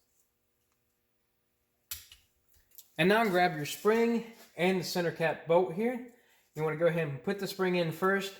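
A torque wrench tightens the outside mounting bolts of the timing chain tensioner on a used Raptor 660 ATV to 7.2 lb-ft, giving a single sharp click at 1.9 s, followed by a couple of faint ticks. The wrench clicks at its setting, and then someone talks.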